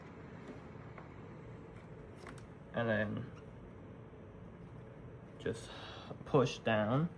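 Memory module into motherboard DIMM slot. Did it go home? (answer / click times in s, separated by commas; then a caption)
no / none. A memory stick is lined up over a motherboard DIMM slot, its notches aligned with the slot before being pushed down. Only faint handling sounds are heard while someone talks. It has not seated or clicked yet.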